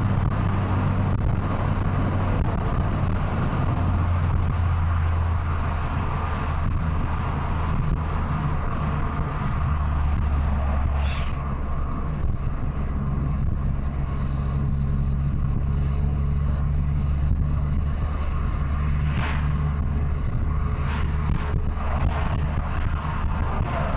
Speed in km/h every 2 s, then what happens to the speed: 109, 104, 93, 91, 86, 76, 77, 80, 83, 84, 86, 86.
0-10 slows to 76. 10-24 speeds up to 86.